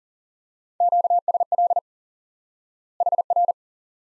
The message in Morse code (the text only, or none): QSL HR